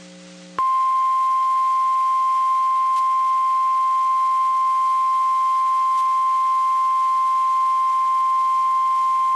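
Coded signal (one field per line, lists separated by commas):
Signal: Emergency Alert System (SAME) tones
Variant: 1050 Hz attention tone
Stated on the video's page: Flash flood warning from NOAA Weather Radio station WXK35, Waco, Texas.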